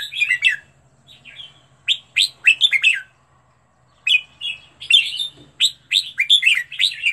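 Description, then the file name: Red-whiskered bulbul song: warbling whistled phrases in several bursts separated by short pauses. Song used for training birds to sing; 15 standard song styles. "tieng-luyen-giong-chao-mao-hot-15-giong-chuan"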